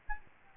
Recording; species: mosquito wingbeat signal from an infrared sensor; Aedes albopictus